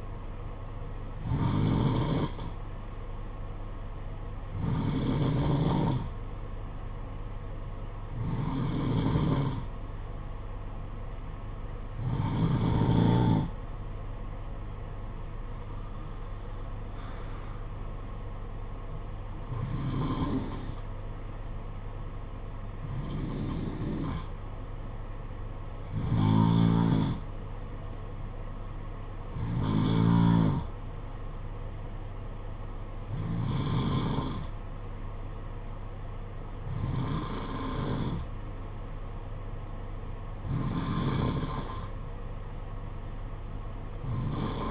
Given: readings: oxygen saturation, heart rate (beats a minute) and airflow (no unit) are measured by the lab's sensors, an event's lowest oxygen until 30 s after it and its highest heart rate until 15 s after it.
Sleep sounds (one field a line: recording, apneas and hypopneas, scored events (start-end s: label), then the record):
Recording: breathing in sleep by a smartphone at the bedside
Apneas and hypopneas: none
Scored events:
none scored
From the record:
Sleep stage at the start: N2 (light sleep)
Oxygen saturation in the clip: 90 to 93%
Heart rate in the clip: 55 to 59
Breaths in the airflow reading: 12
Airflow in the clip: -10.7 to 7.9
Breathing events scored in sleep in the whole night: 476 in 9.7 hours asleep